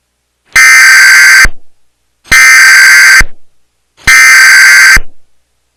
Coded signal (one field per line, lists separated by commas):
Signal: Emergency Alert System (SAME) tones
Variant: header bursts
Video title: National eas test